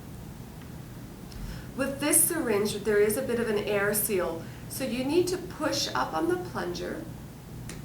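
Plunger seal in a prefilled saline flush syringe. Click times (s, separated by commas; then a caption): 7.7 s. Someone talks while the plunger of a prefilled saline flush syringe is pushed up to break its air seal. A single sharp, tick-like pop is heard at 7.7 s as the plunger's air seal pops free.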